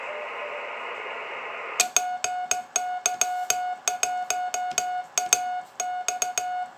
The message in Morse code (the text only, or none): PY1AX